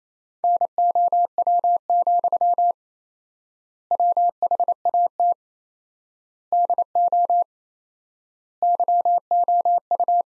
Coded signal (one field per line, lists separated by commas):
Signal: Morse code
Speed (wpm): 27 wpm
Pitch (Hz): 700 Hz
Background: none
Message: NOW, WHAT DO YOU